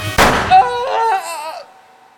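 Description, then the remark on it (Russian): A single sharp pistol shot, fired with the pistol pressed against a man's teeth, cracks out, followed by a wavering, tonal ringing that fades away over about a second and a half. “достал из кармана пистолет, тот самый. Прижал его Иван Ивановичу к зубам и выстрелил.”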